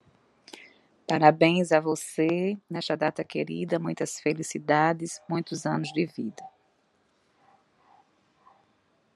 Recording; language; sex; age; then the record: short text; Brazilian Portuguese; female; 40 to 49 years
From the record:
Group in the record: control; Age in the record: 47 years